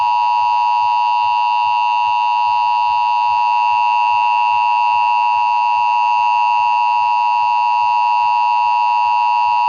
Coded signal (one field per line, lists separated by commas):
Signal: Emergency Alert System (SAME) tones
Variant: 853 and 960 Hz attention tone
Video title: EAS Mock 3: Failed Cox Communications National Emergency alert system.